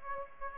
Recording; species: mosquito wingbeat signal from an infrared sensor; Aedes aegypti